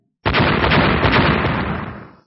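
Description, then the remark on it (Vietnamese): A rapid series of loud, booming explosions, as blue light strikes a horde of beasts, blurs into one continuous roar, starting abruptly and rumbling on for about two seconds before fading out. “Những tiếng nổ liên tiếp truyền ra, bên trong phạm vi mười mấy trượng, ánh sáng màu xanh lam, ánh sáng màu vàng hòa lẫn vào nhau.”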